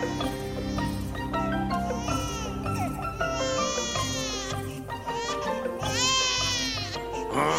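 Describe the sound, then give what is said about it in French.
A baby cries loudly and without pause in the film Ice Age, its high, strained wails rising and falling in repeated bursts over a steady low hum in the background. “Fais quelque chose, qu'il se taise. Je ne peux plus supporter ces cris.”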